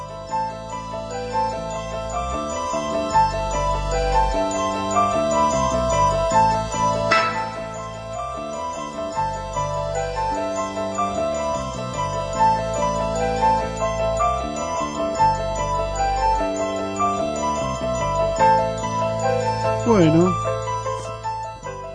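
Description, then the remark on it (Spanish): A mysterious, tinkling bell-like music theme, the opening music of the film The Exorcist, plays steadily throughout, with repeating chiming notes over a low sustained bass, and a voice briefly speaks over it. “qué musiquita, ¿viste? Muy misteriosa.”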